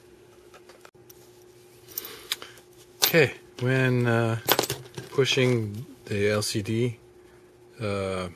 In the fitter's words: down here I got make sure that's snapped back in okay